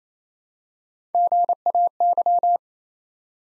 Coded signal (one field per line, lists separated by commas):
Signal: Morse code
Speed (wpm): 29 wpm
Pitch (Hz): 700 Hz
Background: none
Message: GAY